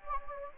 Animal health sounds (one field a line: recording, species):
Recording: mosquito wingbeat signal from an infrared sensor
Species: Anopheles gambiae